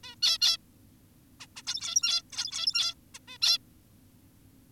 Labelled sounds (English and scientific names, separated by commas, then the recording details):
Zebra Finch (Taeniopygia guttata)
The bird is an adult
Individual g17y2U